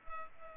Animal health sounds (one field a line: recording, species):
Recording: mosquito wingbeat signal from an infrared sensor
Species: Culex pipiens